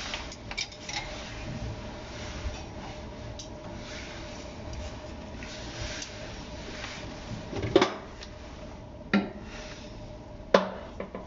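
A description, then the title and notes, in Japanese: Kitchen noises while mixing sake lees into a pickling bed. Soft, continuous squishing and rustling fill most of the clip, with a low rumble underneath. Sharper knocks of a utensil against a container stand out near 8, 9 and 10.5 seconds. キッチンでの物音。粕漬けを作るための粕床を作っています。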